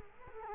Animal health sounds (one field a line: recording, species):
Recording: mosquito wingbeat signal from an infrared sensor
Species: Culex quinquefasciatus